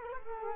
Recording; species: mosquito wingbeat signal from an infrared sensor; Culex quinquefasciatus